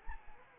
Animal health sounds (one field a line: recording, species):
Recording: mosquito wingbeat signal from an infrared sensor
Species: Anopheles arabiensis